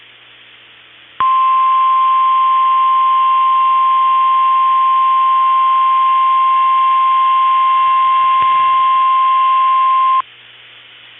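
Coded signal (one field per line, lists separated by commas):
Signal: Emergency Alert System (SAME) tones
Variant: 1050 Hz attention tone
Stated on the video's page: Required Weekly Test from weather radio station KEC65 Minneapolis/Saint Paul.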